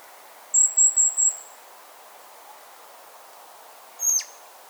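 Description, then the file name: Eurasian blackbird calls: a quick run of four short, very high thin notes, then silence, then one more high thin note about three seconds later. "Turdus merula"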